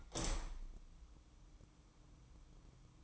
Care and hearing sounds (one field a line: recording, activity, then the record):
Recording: daily activity, microphone in the room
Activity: open window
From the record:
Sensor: 1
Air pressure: 1004.7 hPa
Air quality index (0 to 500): 118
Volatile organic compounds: 4 ppm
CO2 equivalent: 1639 ppm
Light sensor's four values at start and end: 8/20/8/8 and 9/21/8/9